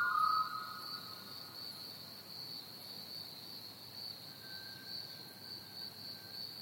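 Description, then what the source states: Cricket trill, a steady high continuous drone throughout, with a short whistled bird note at the start and a faint thin whistle later. Crickets chirping together with a pied butcherbird.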